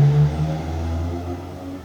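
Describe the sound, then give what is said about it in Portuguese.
A car passes by outside, a steady low engine drone with a deep rumble that peaks early and then slowly fades over about two seconds, with no voices. “Passou um carro aqui.”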